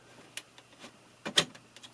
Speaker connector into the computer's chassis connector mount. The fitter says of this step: it snaps into place they stay there and when you install your analog board